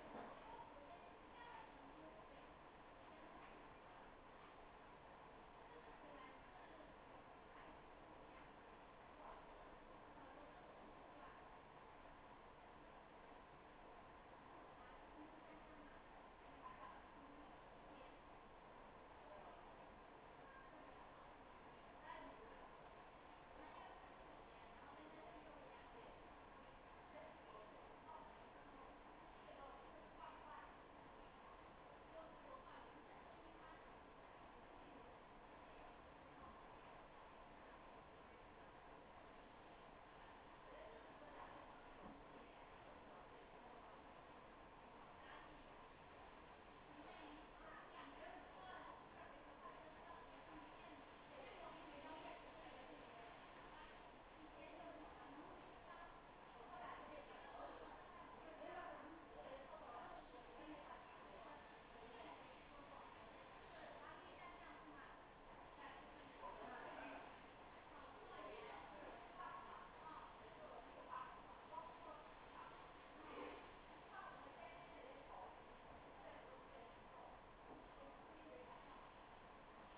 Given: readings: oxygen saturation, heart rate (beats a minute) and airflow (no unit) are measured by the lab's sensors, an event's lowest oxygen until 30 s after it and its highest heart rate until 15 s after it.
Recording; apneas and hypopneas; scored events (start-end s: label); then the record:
a person awake in a sleep study, by a voice recorder at the bedside; none
0.00-79.98 s: awake
0.00-79.98 s: awake
From the record:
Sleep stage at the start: awake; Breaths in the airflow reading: 28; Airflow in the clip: -0.8 to 0.8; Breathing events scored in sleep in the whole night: 263 in 5.5 hours asleep